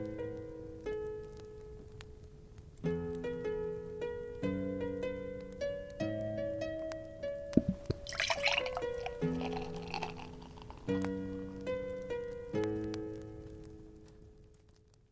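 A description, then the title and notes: Lute music plays plucked chords that change every second or two over a held high note, with a brief clattering burst near eight seconds. Quiet tavern asmr ambience with relaxing lute background music. It's pretty quiet tonight. Lute music playing.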